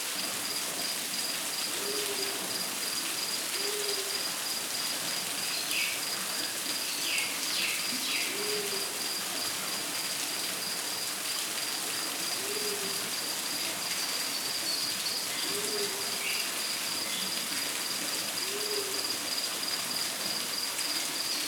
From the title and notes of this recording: Relaxing Rainforest Ambient Sounds.